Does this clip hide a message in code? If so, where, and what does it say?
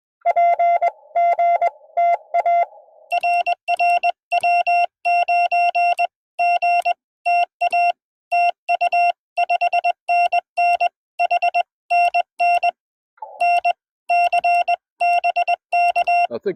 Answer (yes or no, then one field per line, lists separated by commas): yes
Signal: Morse code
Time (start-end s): 0.3-16.3 s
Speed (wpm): 20 wpm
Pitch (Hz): 690 Hz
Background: none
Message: P GTA RR W9GTA TU 5NN HNN NC BK